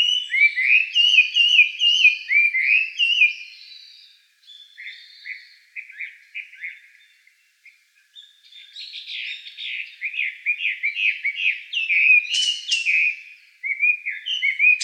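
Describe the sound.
Chinese Hwamei singing rich, fluty whistled phrases in rapid varied bursts, a quieter pause midway, then fast repeated notes and sharp high upslurs resuming.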